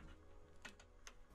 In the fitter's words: which Pops in here and then locks into place